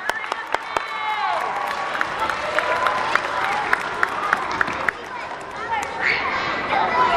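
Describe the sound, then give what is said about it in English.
An audience claps steadily in a dense, continuous wash of applause, mixed with cheering voices, with a few sharper, louder hits standing out from the clapping throughout. “Clap for him.”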